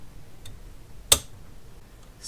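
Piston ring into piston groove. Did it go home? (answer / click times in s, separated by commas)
yes / 1.1 s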